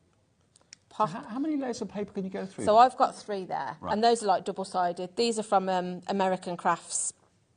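A woman talks while handling the magnetic top half of a craft stapling unit above its magnetic base, with three layers of double-sided card stock set between them. A few faint, brief handling taps sound around 0.6 and 0.7 seconds before she speaks. The top has not yet clicked onto the base; nothing has seated.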